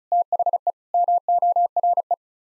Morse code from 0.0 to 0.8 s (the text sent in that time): THE